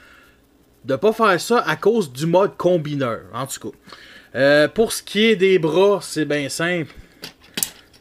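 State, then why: Seated. Someone talks while handling a plastic part of a transforming robot toy, then sharp plastic clicks sound as the part clips onto the body at 7.6 s and 7.6 s. The part is seated in place.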